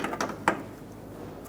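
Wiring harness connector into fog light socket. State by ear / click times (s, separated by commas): seated / 0.5 s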